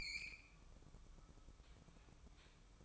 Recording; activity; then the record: daily activity, microphone in the room; open fridge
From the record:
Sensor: 1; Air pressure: 1007.9 hPa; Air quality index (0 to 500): 95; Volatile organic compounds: 1 ppm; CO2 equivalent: 811 ppm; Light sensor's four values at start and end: 13/31/13/14 and 13/31/13/14